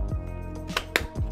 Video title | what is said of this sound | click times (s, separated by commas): I Found the Best Screwdriver Set on Planet Earth! | it fits it it's easy you just snap it snap it | 0.8 s, 1.0 s